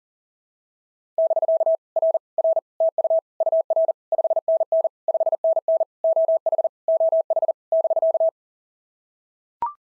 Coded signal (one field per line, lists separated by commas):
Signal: Morse code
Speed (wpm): 40 wpm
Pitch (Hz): 650 Hz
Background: none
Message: <BK> R R TU UR 5NN 5NN OH OH <BK>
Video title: POTA QSO Practice - 40wpm